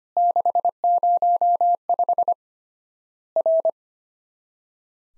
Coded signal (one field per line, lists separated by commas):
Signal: Morse code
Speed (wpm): 25 wpm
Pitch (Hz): 700 Hz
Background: none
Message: 605 R